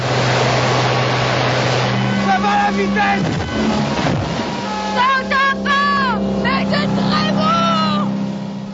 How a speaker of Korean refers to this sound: 모터보트를 타고 세네강을 달립니다. 알렉스는 배를 운전하고 미셸은 수상스키에 매달린 채 사랑과 자유를 온몸으로 느껴갑니다.